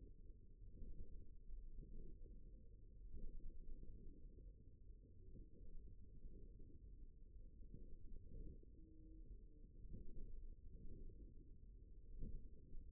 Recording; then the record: forearm muscle sounds (acoustic myography)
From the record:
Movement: forearm pronation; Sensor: system 1, eight BSWA MPA416 microphones around the upper forearm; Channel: 4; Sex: male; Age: 54 years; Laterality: right